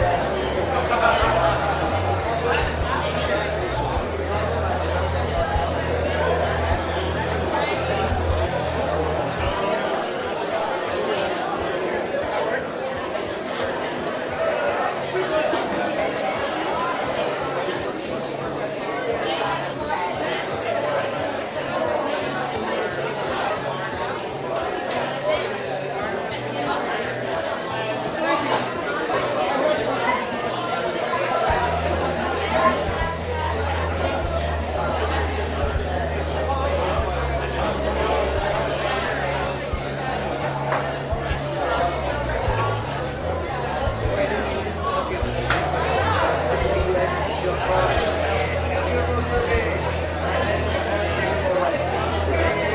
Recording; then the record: background sound without coughing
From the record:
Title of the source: CITY SOUNDS Busy Bar in the Evening Night - 2 HOURS of Ambiance for Relaxation